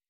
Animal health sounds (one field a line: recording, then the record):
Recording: hydrophone in a shrimp aquaculture tank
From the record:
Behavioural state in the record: weakened